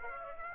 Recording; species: mosquito wingbeat signal from an infrared sensor; Aedes aegypti